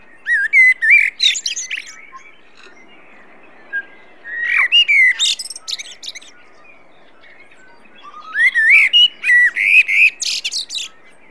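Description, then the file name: Common blackbird song in three phrases a few seconds apart, each pairing mellow whistling with rapid, high-pitched squeaky twittering. "Turdus merula"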